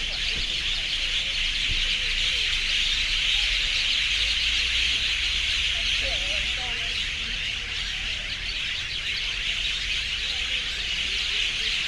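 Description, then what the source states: Birds in a loud, crowded screeching chorus, a steady high-pitched roar of overlapping calls, with a few faint lower calls beneath. Urban city ambience; birds screaming, described as extreme.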